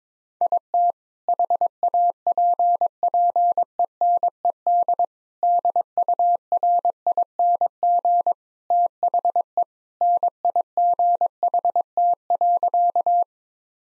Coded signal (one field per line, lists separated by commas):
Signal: Morse code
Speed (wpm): 22 wpm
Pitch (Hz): 700 Hz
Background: none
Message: IT HAPPENED DURING THE NIGHT.